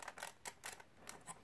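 A homemade lipo battery pack is dropped into a toy-brick battery box and pushed home, giving a series of light plastic taps and rattles. It clicks into place with a sharp click at 1.1 s, and the pack is seated.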